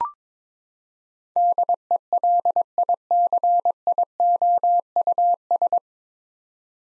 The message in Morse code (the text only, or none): DELICIOUS